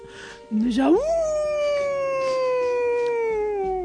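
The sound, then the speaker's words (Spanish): A single loud werewolf-like howl swoops up sharply, then holds a long, slowly falling, wavering tone for about three seconds before trailing off, with no talking over it. “un hombre lobo.”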